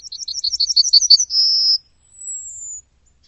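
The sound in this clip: Bird song, rapid high chirped notes running into a buzzy held trill, then after a short pause a thin high whistle that slowly falls.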